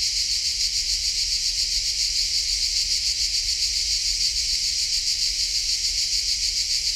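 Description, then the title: Crickets singing a continuous high, hissing buzz with a rapid regular throb, steady throughout. Collserola natural park during a heat wave; recordist walking toward a pine wood, passing different cricket types singing differently; recorder with hypercardioid microphone. "Grills Diferents Collserola"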